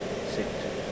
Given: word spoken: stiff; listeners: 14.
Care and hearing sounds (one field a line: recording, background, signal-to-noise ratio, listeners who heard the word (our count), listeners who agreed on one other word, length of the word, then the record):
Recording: one English word in noise, from a listening test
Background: speech-shaped noise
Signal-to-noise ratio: -5.7 dB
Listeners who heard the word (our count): 0 of 14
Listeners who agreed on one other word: 8 of 14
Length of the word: 0.52 s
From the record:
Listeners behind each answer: 8, 2, 2, 1, 1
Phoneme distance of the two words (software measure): 17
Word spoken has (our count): 1 syllable, 4 phonemes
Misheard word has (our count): 1 syllable, 3 phonemes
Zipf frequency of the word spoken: 3.96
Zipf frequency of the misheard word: 5.14